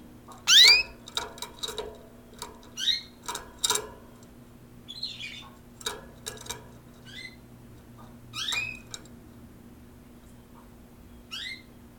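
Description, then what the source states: Canaries chirping: a loud upswept note, then a busy run of rising chirps mixed with sharp clicks and taps, over a soft background hum. Several canaries; coincident microphone pair of Electro-Voice RE510 microphones.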